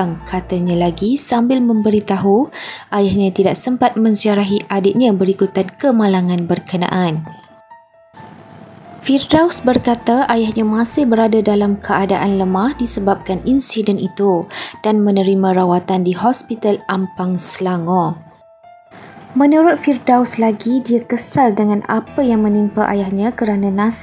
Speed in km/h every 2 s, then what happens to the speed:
46, 47, 47, 48, 48, 49, 49, 48, 49, 49, 50, 50.
0-24 steady at about 48.